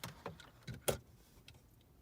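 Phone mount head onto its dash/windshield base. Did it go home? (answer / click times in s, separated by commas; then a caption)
yes / 0.9 s. The plastic head of a phone mount, with its T-notch slot lined up with the T-notch on its dash/windshield base, is pushed down, and a few light plastic ticks and taps lead into a sharp, bright snap at 0.9 s. The head is seated and locked securely onto the base, and a faint tick follows at 1.5 s.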